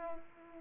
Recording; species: mosquito wingbeat signal from an infrared sensor; Culex pipiens